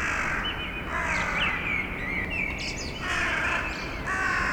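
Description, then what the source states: Crows cawing, harsh rasping calls repeated irregularly over a steady background roar. Unusual outburst by several crows heard in a city on the morning of 28 March, between dawn and daybreak.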